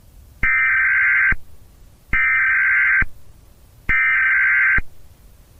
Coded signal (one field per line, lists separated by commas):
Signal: Emergency Alert System (SAME) tones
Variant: header bursts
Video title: Mycelia | A Zombie Apocalypse EAS Scenario |